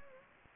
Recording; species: mosquito wingbeat signal from an infrared sensor; Anopheles gambiae